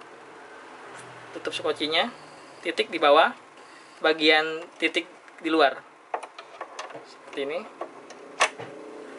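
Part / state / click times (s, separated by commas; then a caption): plastic cover clip into sewing machine body / seated / 8.4 s. A plastic cover or base piece is fitted back onto the body of a Janome ST-24 sewing machine during reassembly. Someone talks through most of the clip, a few small taps follow around 6.1–6.8 s, and the left clip snaps into place with a sharp click at 8.4 s, fully seated.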